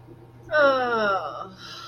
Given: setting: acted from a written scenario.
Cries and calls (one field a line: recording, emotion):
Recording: vocal sound without words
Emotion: serenity